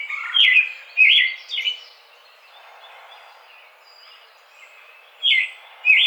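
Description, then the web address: American robin giving three quick whistled caroling phrases, a pause of soft background, then two more loud slurred notes. Recorded on 4 May 2009. "American Robin 2009 05 04"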